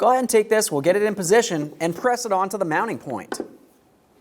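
Someone talks while handling a new liftgate gas lift support for a 2007-2013 Acura MDX, getting its socket end in position to press onto the ball-stud mounting point on the vehicle. Nothing has seated or clicked yet, and the clip ends in quiet just before the part goes home.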